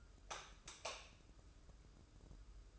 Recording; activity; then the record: daily activity, microphone in the room; light off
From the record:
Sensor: 2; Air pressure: 995.2 hPa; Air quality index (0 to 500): 75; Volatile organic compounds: 3 ppm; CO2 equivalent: 1322 ppm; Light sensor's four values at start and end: 13/36/14/14 and 8/18/7/8